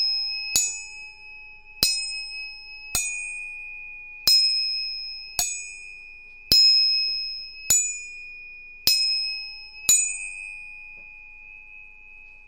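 Tuning forks are struck about every second, each strike a sharp metallic tap that settles into a pure, steady ringing tone held between hits. A lower tone sounds alongside for most strikes, and the bright attack fades quickly while the hum sustains.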